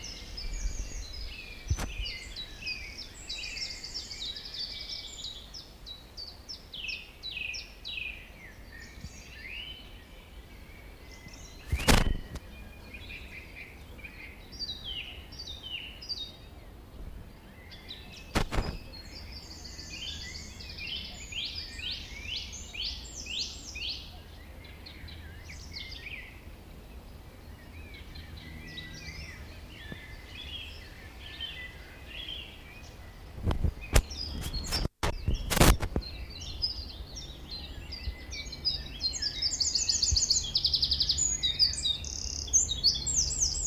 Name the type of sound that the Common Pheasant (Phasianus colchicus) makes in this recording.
call